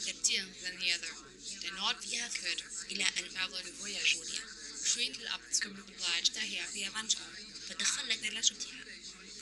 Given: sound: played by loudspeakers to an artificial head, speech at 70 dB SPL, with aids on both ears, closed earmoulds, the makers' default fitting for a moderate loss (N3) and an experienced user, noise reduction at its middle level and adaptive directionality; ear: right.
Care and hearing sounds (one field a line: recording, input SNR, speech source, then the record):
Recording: speech test signal (ISTS) in cocktail-party noise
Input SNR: 0 dB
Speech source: on the right (90 degrees)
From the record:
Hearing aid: class 1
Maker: H